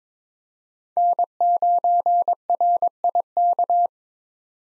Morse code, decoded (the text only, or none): N9RIK